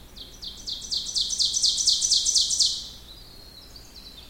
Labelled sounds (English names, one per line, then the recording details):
Ovenbird song
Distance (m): 10 m
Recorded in boreal forest in Alberta, Canada, on 16 June 2016 at 06:39
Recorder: SongMeter 3, array SBT-3-32
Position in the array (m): 152 m, 33 m
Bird 36